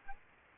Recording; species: mosquito wingbeat signal from an infrared sensor; Aedes albopictus